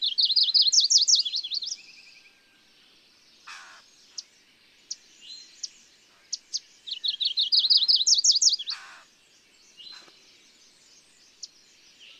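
Bird song: a loud, fast, ringing trilled phrase lasting about two seconds, repeated after a gap filled with scattered single high chips and notes.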